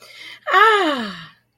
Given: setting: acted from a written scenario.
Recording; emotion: vocal sound without words; pride